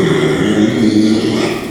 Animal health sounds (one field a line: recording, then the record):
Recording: squeal of a Yucatan mini pig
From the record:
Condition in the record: after surgery on the right vocal fold (resection and tissue-engineered implant)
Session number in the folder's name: 2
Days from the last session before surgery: 13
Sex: male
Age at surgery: 12 weeks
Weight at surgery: 13 kg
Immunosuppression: cyclosporine, prednisolone